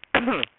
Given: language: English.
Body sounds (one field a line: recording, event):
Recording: throat vibration sensor signal played as sound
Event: cough